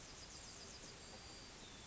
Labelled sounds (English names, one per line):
Yellowhammer song